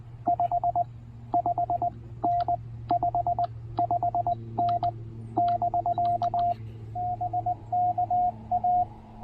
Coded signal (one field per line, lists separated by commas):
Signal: Morse code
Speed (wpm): 19 wpm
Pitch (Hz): 690 Hz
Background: radio noise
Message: 55N 55N <BK> BK A